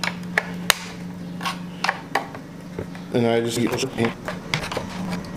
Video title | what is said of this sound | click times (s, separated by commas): I Transformed The Interior Of My e90 335i For Under $50! | you'll kind of hear it click and | 0.4 s, 0.7 s, 2.2 s